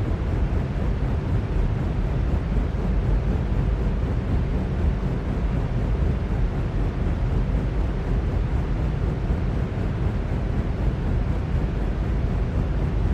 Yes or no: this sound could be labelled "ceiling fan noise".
yes